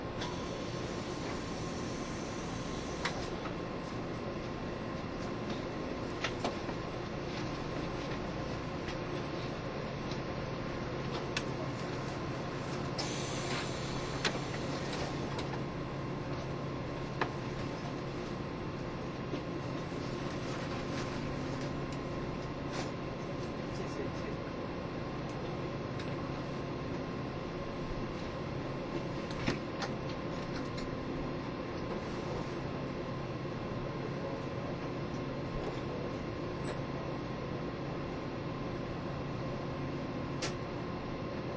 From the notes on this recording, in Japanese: 縦貫線を北上する自強號のうち、吊掛駆動車両の台鐵EMU1200型電車